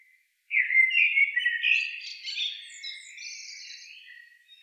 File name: Turdus merula